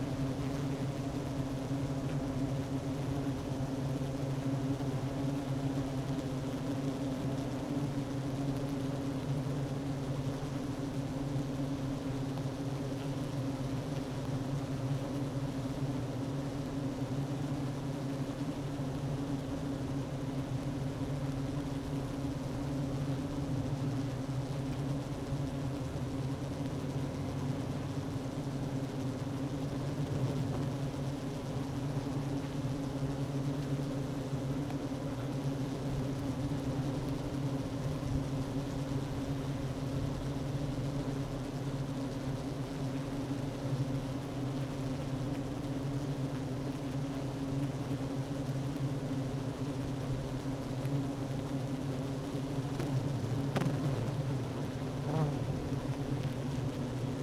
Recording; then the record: honeybee colony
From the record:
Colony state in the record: active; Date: 12 June 2018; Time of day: 11:21